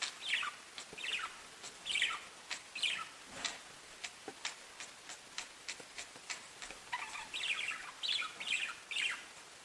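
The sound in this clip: Budgerigar chatter: quick, buzzy chirps and squeaky notes repeated about once a second, a few denser warbling runs near the end.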